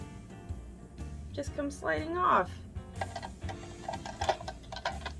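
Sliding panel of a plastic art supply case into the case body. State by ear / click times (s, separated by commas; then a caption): not seated / none. Someone talks while handling the sliding panel of a plastic art supply case, with pastels on the front and gel pens on the back, as it is slid back toward the case body. Short clicks and taps of plastic handling follow over faint background music. Nothing has seated or clicked yet.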